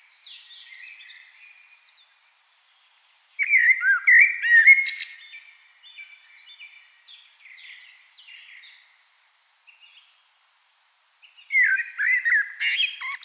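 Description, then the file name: Eurasian blackbird song: a loud fluty warble ending in a thin twitter, quieter bird chatter, then another mellow phrase begins. "Turdus merula"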